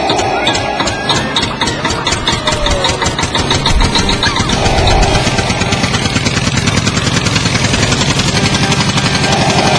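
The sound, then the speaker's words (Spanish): A car engine sputters and cranks unevenly for several seconds, then catches and settles into a loud, steady rumbling idle that continues to the end. “¡Pinche carro de mierda!”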